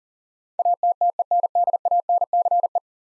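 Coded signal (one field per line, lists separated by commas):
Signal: Morse code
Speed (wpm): 37 wpm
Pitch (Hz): 700 Hz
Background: none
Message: ATTENDANCE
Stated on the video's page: Morse code drill of 10-letter words at 40 wpm, each word sent twice.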